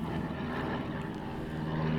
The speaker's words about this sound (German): Bei uns sind ein paar Flugzeuge, die ein bisschen lauter sind, deswegen.